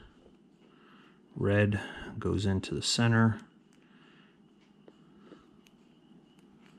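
A red (power) crimped servo wire pin is handled at the center slot of a plastic servo connector housing while someone talks from about 1.4 to 3.3 seconds, followed by faint, brief ticks against quiet background noise. Nothing has clicked or seated yet.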